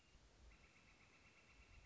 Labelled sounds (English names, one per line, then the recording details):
Northern Flicker
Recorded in Sonoma County, California